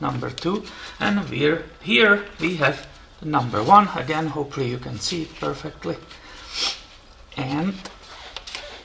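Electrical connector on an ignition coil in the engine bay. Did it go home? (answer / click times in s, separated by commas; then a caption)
released / 8.6 s. Someone talks while working on the electrical connector of the number one ignition coil in the engine bay of a 2013 Honda Accord during a spark plug replacement. The connector is disconnected before the coil is pulled out, and it clicks open at 8.6 s, releasing.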